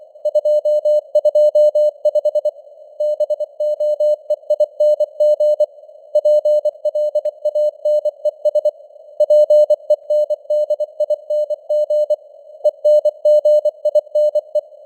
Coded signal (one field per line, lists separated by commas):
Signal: Morse code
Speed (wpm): 24 wpm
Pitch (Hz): 600 Hz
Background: none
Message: 225 BOEING PLANES PENDING ENGINE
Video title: Morse Code News | 26.09.2025 | 24wpm